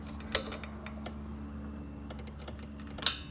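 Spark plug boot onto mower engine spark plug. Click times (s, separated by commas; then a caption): 3.1 s. A rubber spark plug boot is pushed back onto the spark plug of a 2020 Toro Super Recycler (21387) lawn mower engine to fix a sputtering issue. Faint ticks and rubbing sounds play over a steady low hum, and a louder tap comes at 0.3 s. The boot seats with a sharp click at 3.1 s.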